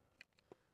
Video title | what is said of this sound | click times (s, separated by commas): Don’t Arc Around with MC4 Connectors - Solar Panel Installation | So that click is a good click | 0.2 s, 0.5 s